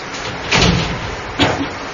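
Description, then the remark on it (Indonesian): A door is pushed shut during an Islamic study class: a broad, scraping thud followed a moment later by a second, shorter knock as it settles, over a steady background hiss with no talking. “Ditutup pintu sana itu.”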